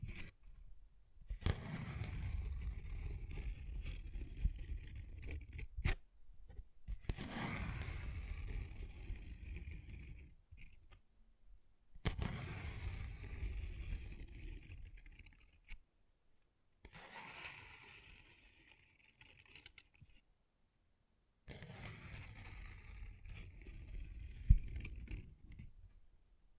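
Paper bag being tapped and scratched in five rough bursts of about four seconds each, separated by short silences, with dull low thumps and crinkly rustle.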